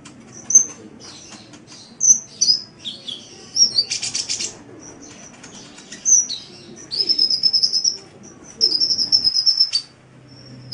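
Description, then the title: Oriental magpie-robin song: high whistled notes, short sweeps and a harsh buzzy burst, then two rapid chattering trills near the end, over a low steady hum. "Kicau Kacer"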